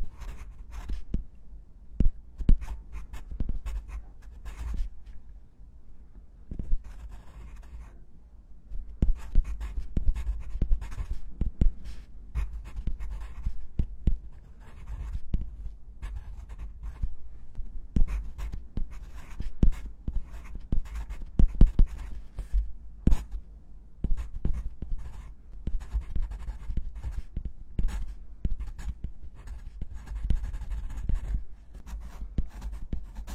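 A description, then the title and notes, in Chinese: Pencil and pen writing on paper, with quick scratchy strokes and sharp taps arriving in dense bursts throughout. Brief pauses near five and fifteen seconds break the rhythm. A steady low rumble sits underneath. 铅笔、钢笔写字声。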